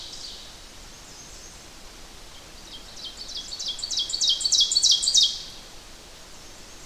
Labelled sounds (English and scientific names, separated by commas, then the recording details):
Ovenbird (Seiurus aurocapilla) song
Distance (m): 10 m
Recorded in boreal forest in Alberta, Canada, on 8 June 2016 at 05:53
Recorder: SongMeter 3, array SBT-3-9
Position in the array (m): 108 m, 104 m
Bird 34